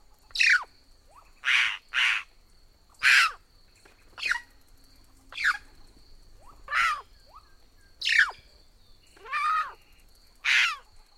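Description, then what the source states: White-throated Magpie-Jay calls: loud, harsh, squawking notes that drop sharply in pitch. They come about once a second, some paired, in an otherwise quiet background. Found in much of Central America; flocks are family groups led by a dominant female, with a mate and female offspring feeding her and her young; cooperative breeding.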